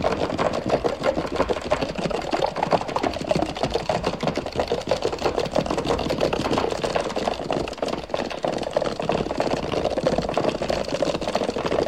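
A horse runs in a fast, unbroken clatter of hoofbeats that holds steady for the full twelve seconds. The beats are dense and rapid, with a mid-toned rumble under a crisp, ticking top and no pauses or clear changes in pace.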